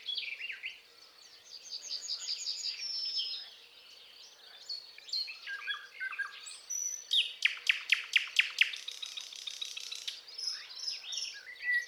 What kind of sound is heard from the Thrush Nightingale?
song